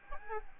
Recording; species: mosquito wingbeat signal from an infrared sensor; Aedes albopictus